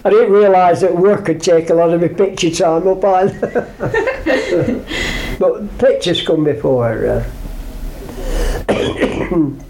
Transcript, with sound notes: I didn't realise that work would take up a lot of my picture time up either. [laughs] But pictures come before eh,